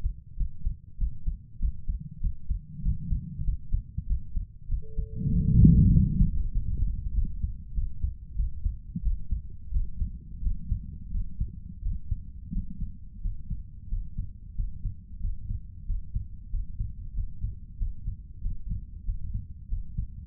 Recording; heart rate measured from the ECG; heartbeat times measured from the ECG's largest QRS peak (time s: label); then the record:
heart sounds by stethoscope; 93 bpm
0.36 s: heartbeat
0.97 s: heartbeat
1.58 s: heartbeat
2.19 s: heartbeat
2.81 s: heartbeat
3.43 s: heartbeat
4.05 s: heartbeat
4.67 s: heartbeat
5.29 s: heartbeat
5.90 s: heartbeat
6.50 s: heartbeat
7.12 s: heartbeat
7.72 s: heartbeat
8.34 s: heartbeat
9.01 s: heartbeat
9.70 s: heartbeat
10.40 s: heartbeat
11.09 s: heartbeat
11.80 s: heartbeat
12.50 s: heartbeat
13.19 s: heartbeat
13.87 s: heartbeat
14.53 s: heartbeat
15.18 s: heartbeat
15.84 s: heartbeat
16.48 s: heartbeat
17.12 s: heartbeat
17.76 s: heartbeat
18.40 s: heartbeat
19.03 s: heartbeat
19.67 s: heartbeat
From the record:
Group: healthy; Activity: rest 0-6 s, Valsalva maneuver 6-20 s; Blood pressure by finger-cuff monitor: 111/72 mmHg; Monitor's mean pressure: 85 mmHg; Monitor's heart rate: 94 bpm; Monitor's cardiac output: 6.9 L/min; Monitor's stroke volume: 75 mL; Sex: female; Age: 32 years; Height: 172 cm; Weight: 71.7 kg